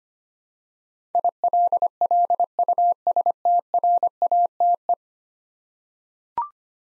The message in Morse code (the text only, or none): ILLUSTRATE